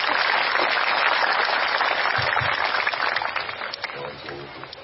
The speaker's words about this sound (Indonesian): Tepuk tangan semua untuk Pak Ustaz.